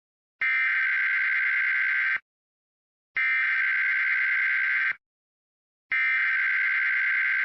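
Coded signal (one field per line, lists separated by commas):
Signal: Emergency Alert System (SAME) tones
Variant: header bursts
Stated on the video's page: Real Child Abduction Emergency alert with valid EAS tones, for nine California counties.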